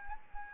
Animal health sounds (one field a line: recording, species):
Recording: mosquito wingbeat signal from an infrared sensor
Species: Anopheles arabiensis